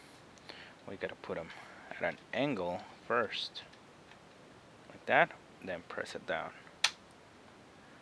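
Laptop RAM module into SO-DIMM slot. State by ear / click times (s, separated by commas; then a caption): seated / 6.9 s. Someone talks while a laptop RAM module is inserted at an angle into its SO-DIMM memory slot and then pressed down. One loud, sharp click is heard at 6.9 seconds as the side latches snap over the module, and it seats into place.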